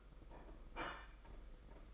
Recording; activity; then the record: daily activity, microphone in the room; place plate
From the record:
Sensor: 5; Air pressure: 991.9 hPa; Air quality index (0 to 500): 166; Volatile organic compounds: 395 ppm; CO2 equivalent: 4664 ppm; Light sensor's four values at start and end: 31/106/39/42 and 31/106/39/42